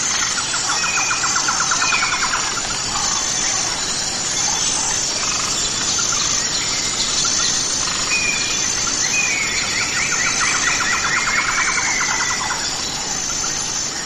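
Many birds sing at once, their calls blending into a dense, continuous chorus. Bright chirps and trills overlap throughout, with a faint high whistle repeating steadily and a longer descending trill near ten seconds. Level stays even over a soft steady hiss.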